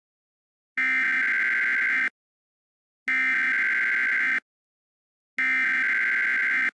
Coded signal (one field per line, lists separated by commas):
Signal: Emergency Alert System (SAME) tones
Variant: header bursts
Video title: EAS Mock Tornado Warning Funny